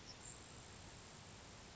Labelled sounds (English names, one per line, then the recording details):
Grasshopper Sparrow
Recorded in Sonoma County, California